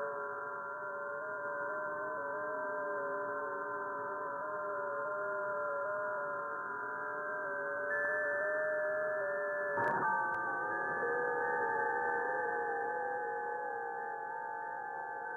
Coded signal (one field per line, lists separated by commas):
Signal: FT8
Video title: SDR Raspberry Pi 4 Gqrx LNA Tutorial